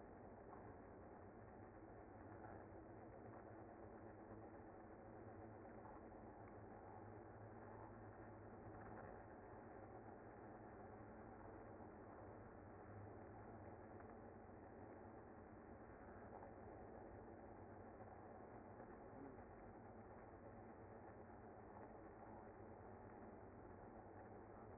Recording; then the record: honeybee colony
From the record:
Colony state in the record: active